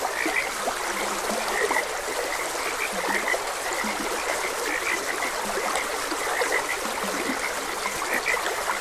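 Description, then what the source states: Frogs croaking throughout, higher notes mixed with frequent low short croaks, and a constant wash of stream water. Frogs croaking beside a gentle stream.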